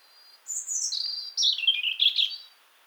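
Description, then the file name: European robin singing a flowing high phrase that starts with a thin whistle and tumbles down into rapid liquid trills, in quiet surroundings. "Erithacus rubecula"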